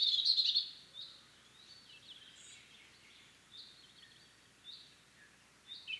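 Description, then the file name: European robin song: a loud, high trilled phrase opens, followed by softer thin whistles and sliding notes spaced through the rest. "Erithacus rubecula"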